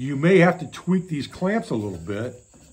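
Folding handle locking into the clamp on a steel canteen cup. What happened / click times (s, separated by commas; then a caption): Handled, not yet home: no locking click heard / none. A man talks while handling the folding L-bracket handle of a stainless steel canteen cup, which is meant to lock into the clamps on the back side for stability. The clamps may need tweaking with pliers for a solid lock. Only speech is heard, and the handle has not yet locked or clicked into place.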